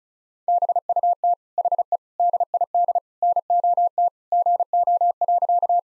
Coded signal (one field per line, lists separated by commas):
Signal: Morse code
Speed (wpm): 35 wpm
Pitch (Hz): 700 Hz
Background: none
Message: BUT HE DID NOT GO.